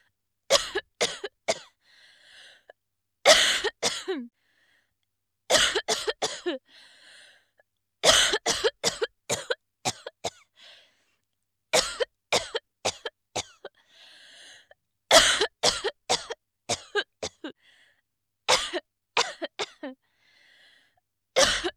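About eight fits of coughing from an adult woman, each a quick run of three to five sharp, dry-sounding bursts, with faint breaths drawn in between.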